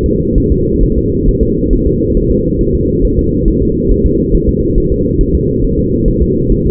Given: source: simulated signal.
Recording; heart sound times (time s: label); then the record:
fetal heart sounds
0.06 s: S2
0.38 s: S1
0.52 s: S2
0.84 s: S1
0.98 s: S2
1.29 s: S1
1.43 s: S2
1.73 s: S1
1.87 s: S2
2.17 s: S1
2.31 s: S2
2.61 s: S1
2.75 s: S2
3.05 s: S1
3.19 s: S2
3.48 s: S1
3.62 s: S2
3.91 s: S1
4.06 s: S2
4.35 s: S1
4.49 s: S2
4.78 s: S1
4.92 s: S2
5.21 s: S1
5.35 s: S2
5.65 s: S1
5.79 s: S2
6.08 s: S1
6.22 s: S2
6.52 s: S1
6.66 s: S2
From the record:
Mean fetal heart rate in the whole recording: 135 bpm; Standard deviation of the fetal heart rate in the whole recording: 3 bpm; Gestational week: 36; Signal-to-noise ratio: -10.2 dB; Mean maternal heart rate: 72 bpm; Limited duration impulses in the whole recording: present